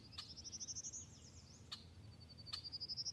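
Prairie warbler song, a thin series of buzzy notes climbing steadily in pitch, followed by a second rising run, with a few sharp clicks.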